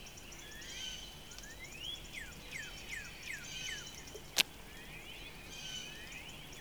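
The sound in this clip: Northern Cardinal singing rising whistled slurs that shift into a fast series of falling whistles; a sharp click breaks in midway, with other birds twittering high.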